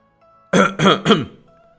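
A man with his fist raised gives a heavy, dry cough that breaks out in three loud, harsh bursts in quick succession, rough and throaty, with quiet before and after and no talking.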